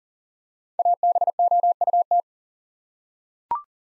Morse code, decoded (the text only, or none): ABOUT